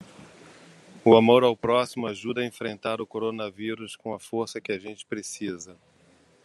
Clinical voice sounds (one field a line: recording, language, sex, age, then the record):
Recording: spoken sentence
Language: Brazilian Portuguese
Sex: male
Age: 60 to 69 years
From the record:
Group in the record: control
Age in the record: 63 years